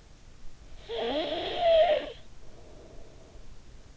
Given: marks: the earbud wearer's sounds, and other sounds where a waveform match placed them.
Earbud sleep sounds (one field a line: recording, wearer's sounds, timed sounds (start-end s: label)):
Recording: sounds in sleep by an in-ear microphone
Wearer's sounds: snoring breath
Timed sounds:
0.65-3.97 s: snoring breath